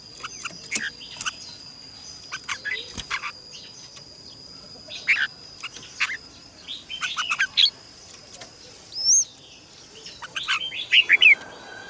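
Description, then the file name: Red-whiskered bulbul song: scattered chirps building into quick warbled, swooping phrases toward the end, with clicking sounds and a continuous high whine. "Tieng chao mao hot"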